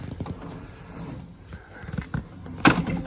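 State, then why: Seated. A release lever is pulled on the rotating front seat base of a 2.5 diesel VW T4 camper van, and the seat is turned round, with faint knocks and rustling along the way. The seat locks into position with a sharp metallic clunk at 2.7 s.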